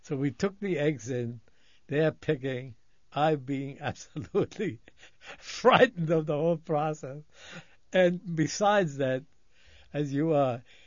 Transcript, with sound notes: So we took the eggs in, they're picking, I'd be absolutely (laughs) frightened of the whole process. And besides that, as you are,